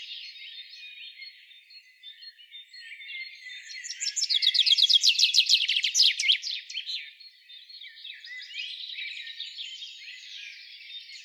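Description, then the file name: Common chaffinch song, a loud, rapid run of sharp, bright notes lasting about three seconds, rising out of a steady background chorus of other small birds. "Fringilla coelebs"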